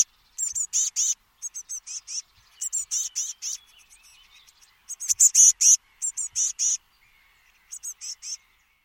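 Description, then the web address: Bird calls: rapid clusters of thin, very high chirps in short bursts, separated by brief silences, with occasional faint lower notes between groups. "cianscape. Deverinetal"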